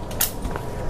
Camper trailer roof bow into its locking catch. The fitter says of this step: It automatically locks into place, and that's as easy as it is, guys.